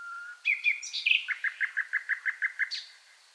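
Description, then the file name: Common nightingale singing: a thin whistle, a few rich chirps, then about nine loud repeated notes delivered in a rapid, even series. "Luscinia megarhynchos"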